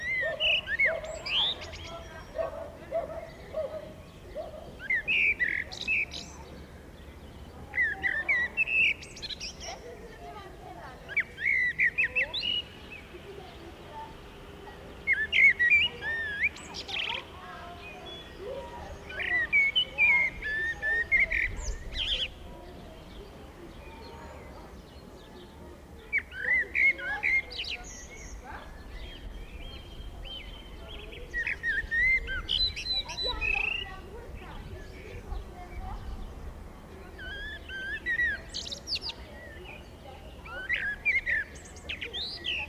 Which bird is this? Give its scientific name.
Turdus merula